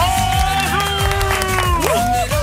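A radio studio audience applauds and cheers a 21-year-old game contestant from Waterloo on a morning show, a continuous wash of clapping and crowd noise mixed with a loud, bright music bed carrying a steady thumping beat.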